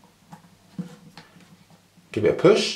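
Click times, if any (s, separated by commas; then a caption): none. A rechargeable battery is slid into the battery bay of a GoPro 7 Black action camera and lined up for the final push that makes it click, with faint scraping and small knocks while someone talks. The battery has not yet seated or clicked.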